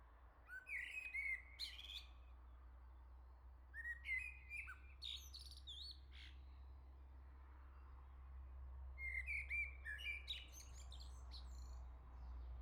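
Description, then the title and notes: Common blackbird song: low warbled whistles followed by scratchy high twittering, three phrases with pauses, over a steady low hum. Singing close by on the morning summer arrived, La Jarrie, France; recorded with SD MixPre-6 II, MS MKH40/30 in Cinela PIA2. "Le Merle salue l'été, 3 Gd Rue de Chassagne, 17220 La Jarrie, France. Quel Sol!!!! pour saluer l'arrivée de l'été ce matin! Merci Jolie Merle de tes vocalises à proximité!"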